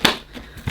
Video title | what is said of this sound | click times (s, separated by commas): Vacuum Cleaner Of The Month - Miele Boost CX1 Cat & Dog Verdict | push push it down until it clicks | 0.0 s